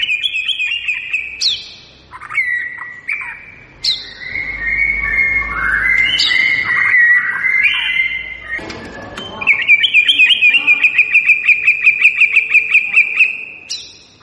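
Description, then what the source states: White-rumped shama song: loud varied phrases of clear whistles, sliding notes and buzzy bursts, ending in a long rapid even trill of sharp repeated notes. Lure recording meant to draw a response from birds; singer described as gacor, lively and singing constantly.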